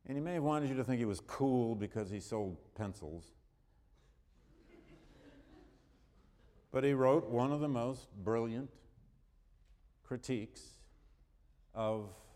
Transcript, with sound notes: and he may have wanted you to think he was cool because he sold pencils. [Laughter] But he wrote one of the most brilliant critiques of